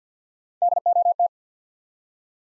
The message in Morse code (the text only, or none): D O T